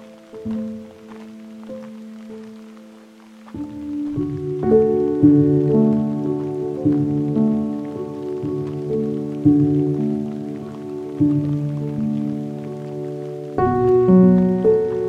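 Steady, held tones on Patricia Lake Loop Trail swell into fuller chords near four seconds and again near thirteen, over a faint pattering like rain.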